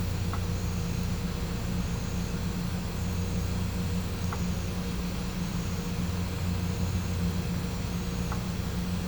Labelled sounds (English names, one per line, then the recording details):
none
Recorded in pastures near Puerto Asís, Putumayo, Colombia, on 20 December 2024 at 18:00
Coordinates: 0.505, -76.324
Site G063